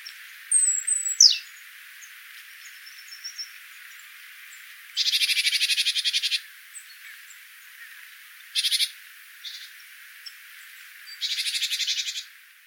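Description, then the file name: Great tit giving a falling note, then three harsh, buzzy churring bursts a few seconds apart, the longest lasting over a second. "Parus major"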